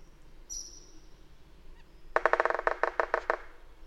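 Bird giving a rapid burst of harsh, nasal honking notes, about ten in just over a second, after a faint thin high whistle.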